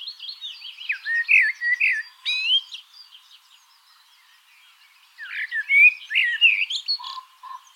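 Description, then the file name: Common blackbird song: two warbled phrases of fluty, slurred notes ending in thin twitters, separated by a pause of about two seconds, with a few low notes near the end. "Turdus merula"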